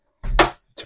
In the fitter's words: give them a good push and they will click in